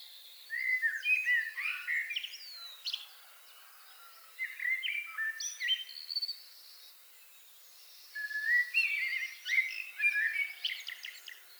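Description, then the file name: Common blackbird delivering three warbled phrases, each fluty and then breaking into high, squeaky twitters, with brief pauses between. "Turdus merula"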